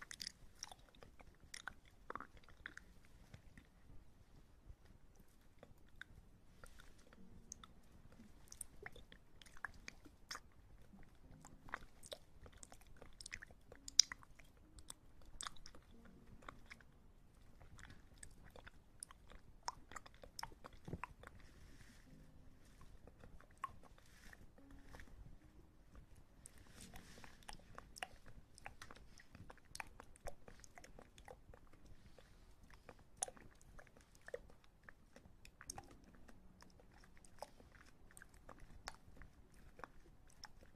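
Ear massage sounds: dense, irregular crackling and soft rubbing with sharp clicks throughout, over a low muffled rumble that never stops.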